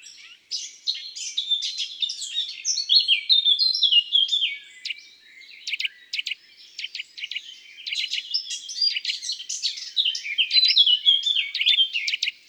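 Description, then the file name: Thrush nightingale calls: busy high twittering with sharp clicks and chirps in irregular bursts, rising and falling in loudness throughout. Calls in the countryside. "Rossignol philomele cris Chants doiseaux dans la campagne"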